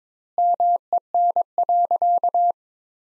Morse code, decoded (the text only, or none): MEN.